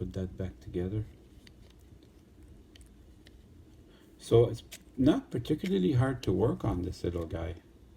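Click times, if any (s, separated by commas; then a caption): none. Someone talks while handling the plastic body shell of a Life-Like SD7 HO-scale model locomotive above its chassis, with faint small ticks and taps between about 1.5 and 3.3 seconds, then talks again. Nothing has seated or clicked yet; the shell is not yet snapped onto the chassis.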